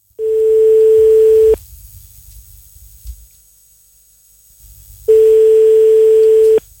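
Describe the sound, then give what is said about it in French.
A telephone ringback tone as a phone number is dialed during a Facebook live broadcast: two long, steady mid-pitched beeps, each about a second and a half, separated by a long silent pause, with faint low line hiss throughout. “Tu peux composer le numéro de téléphone?”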